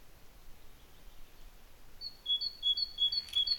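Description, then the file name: Great tit song: clear two-note phrases, a high note dropping to a lower one, repeated quickly about five times after a quiet opening. "Parus major"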